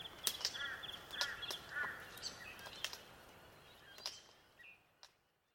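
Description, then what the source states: Glossy black cockatoo giving a series of short squeaky calls with clicks, fading toward the end. Soundscape of melodic glossy black cockatoo calls.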